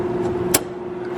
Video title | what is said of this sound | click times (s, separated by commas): FASS 165 INSTALL ON A LBZ!!! | That's how you know you're seated. | 0.6 s